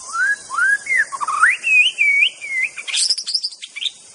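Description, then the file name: White-rumped Shama singing a string of clear whistled notes that rise and fall in pitch, climbing higher, then ending in sharp clicking and high chirps over a steady hiss. In forest. "suara muraibatu hutan. omkicau"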